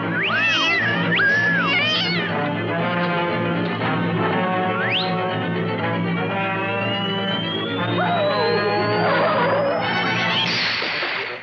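A cat yowls and meows loudly and almost without pause, its wavering, high-pitched wails rising and falling for several seconds, with a thin rising tone sweeping upward beneath the cries.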